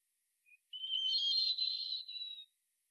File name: Erithacus rubecula